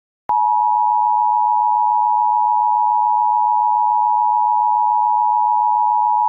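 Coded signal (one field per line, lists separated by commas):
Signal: Emergency Alert System (SAME) tones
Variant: 853 and 960 Hz attention tone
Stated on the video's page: Fictional EAS scenario using valid EAS tones.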